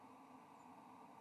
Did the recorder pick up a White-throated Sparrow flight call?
no